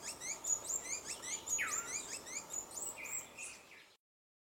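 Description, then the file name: Dusky-throated hermit singing rapid, squeaky high-pitched notes in a repeating pattern, with lower upslurred chirps, before the sound cuts off abruptly near the end. "Rabo branco pequeno"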